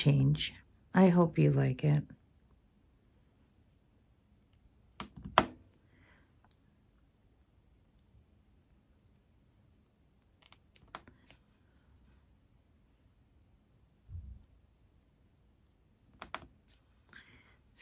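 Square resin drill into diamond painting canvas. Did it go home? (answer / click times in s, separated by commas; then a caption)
yes / 5.4 s, 10.9 s, 16.3 s. Someone talks briefly, then several square resin diamond drills are pressed one after another into a diamond painting canvas. Each one seats with a short, sharp click at about 5.4 s, 11.0 s and 16.3 s, with quieter ticks in between.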